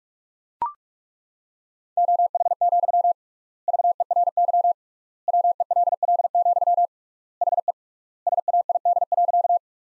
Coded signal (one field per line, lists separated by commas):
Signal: Morse code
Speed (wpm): 43 wpm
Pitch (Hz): 700 Hz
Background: none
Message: OH, VERY WELL, HE SAID.